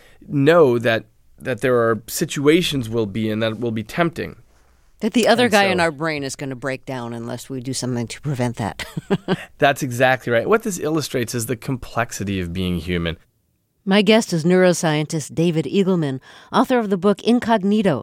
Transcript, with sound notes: know that there are situations we'll be in that will be tempting.
That the other guy in our brain is going to break down unless we do something to prevent that.
(LAUGHTER) That's exactly right. What this illustrates is the complexity of being human.
My guest is neuroscientist David Eagleman, author of the book "Incognito: